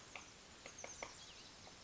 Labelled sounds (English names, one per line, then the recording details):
Oak Titmouse
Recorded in Sonoma County, California